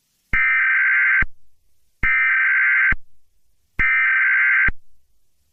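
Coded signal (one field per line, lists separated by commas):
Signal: Emergency Alert System (SAME) tones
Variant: header bursts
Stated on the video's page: Simulated, fictional EAS scenario.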